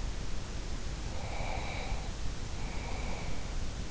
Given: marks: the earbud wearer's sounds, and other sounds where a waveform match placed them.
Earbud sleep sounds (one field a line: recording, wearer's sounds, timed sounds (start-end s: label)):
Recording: sounds in sleep by an in-ear microphone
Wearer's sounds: breath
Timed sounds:
1.01-3.66 s: breath